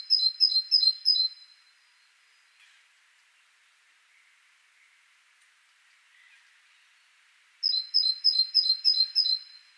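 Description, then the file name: Great tit: a burst of ringing two-note pairs at the start, several seconds of near quiet, then a fresh run of the same repeated phrase. "Parus major"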